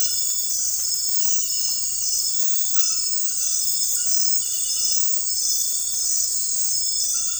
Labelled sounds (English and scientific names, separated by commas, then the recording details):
none
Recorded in dense forest near Puerto Asís, Putumayo, Colombia, on 18 February 2024 at 02:00
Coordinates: 0.484, -76.317
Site G6464